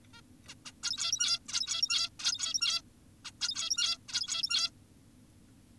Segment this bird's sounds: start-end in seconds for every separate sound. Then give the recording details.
0.14-0.21, 0.48-0.54, 0.66-0.72, 0.83-1.39, 1.49-2.10, 2.20-2.82, 3.25-3.32, 3.41-3.98, 4.09-4.71. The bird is an adult. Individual g17y2U